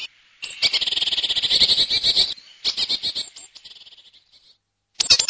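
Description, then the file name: Great tit churring: a long, harsh, buzzy rattle, then shorter rasping bursts that fade, and another buzzy burst at the end. "koolmees"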